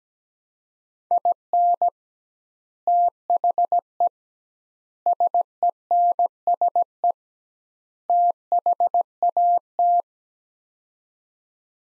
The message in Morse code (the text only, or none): IN THE SENSE THAT